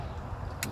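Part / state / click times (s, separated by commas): speaker wiring plug into speaker socket / seated / 0.6 s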